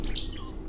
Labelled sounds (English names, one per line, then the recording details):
Stitchbird song
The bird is a male
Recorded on Tiritiri Matangi Island, New Zealand, in 2005
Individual 17, of nest box 25